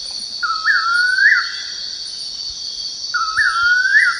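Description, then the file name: Bird calls: two whistled notes, each with a stepped start and a steady rise, over a constant shrill insect drone. "SABIOD 50 bird 2015"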